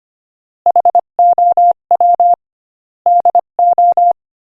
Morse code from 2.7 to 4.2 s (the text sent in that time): DO